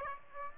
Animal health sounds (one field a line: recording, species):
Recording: mosquito wingbeat signal from an infrared sensor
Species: Aedes aegypti